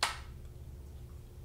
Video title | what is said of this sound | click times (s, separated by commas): How to remove the viewfinder of the Nikon F2 | just snaps back into place and now you're ready to go get back out shooting again | 0.0 s